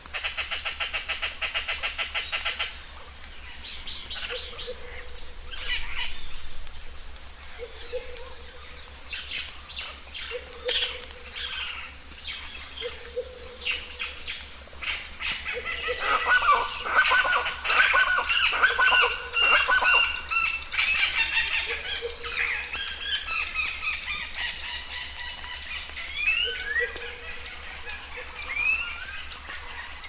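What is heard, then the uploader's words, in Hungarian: Birds call and sing throughout a bird reserve, with dense chirps and trills that grow busier and louder from about fifteen seconds on. A steady high insect buzz runs underneath, and a low hum persists, with short mid-pitched tones repeating every few seconds. Madár rezervátum.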